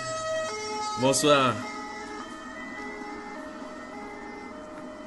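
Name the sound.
emergency vehicle siren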